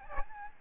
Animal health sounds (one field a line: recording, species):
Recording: mosquito wingbeat signal from an infrared sensor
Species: Aedes albopictus